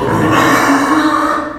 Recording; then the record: squeal of a Yucatan mini pig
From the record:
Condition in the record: after surgery on the right vocal fold (resection and tissue-engineered implant); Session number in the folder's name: 4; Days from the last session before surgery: 26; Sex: female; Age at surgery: 19 weeks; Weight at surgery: 25 kg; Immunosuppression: prednisolone